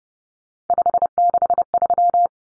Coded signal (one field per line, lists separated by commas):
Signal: Morse code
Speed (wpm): 30 wpm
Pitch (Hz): 700 Hz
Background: none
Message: 563